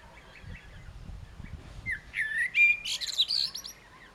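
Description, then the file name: Common blackbird delivering a single phrase of whistled, fluted notes ending in high, squeaky chattering, after a couple of seconds of low background rumble. "Turdus merula"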